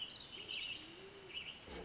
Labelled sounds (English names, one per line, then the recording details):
American Robin
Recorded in Sonoma County, California